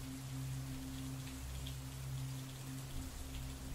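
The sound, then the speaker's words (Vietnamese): Heavy, swirling rain pours down in a steady, dense hiss that never lets up, with a low sustained drone humming beneath the downpour. “Ông già cất giọng, rõ ràng là trong tiếng mưa vần vũ, nhưng âm thanh của ông già vang lên rất rõ.”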